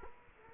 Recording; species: mosquito wingbeat signal from an infrared sensor; Culex quinquefasciatus